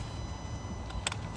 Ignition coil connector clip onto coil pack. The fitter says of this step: push it in hear the click push it down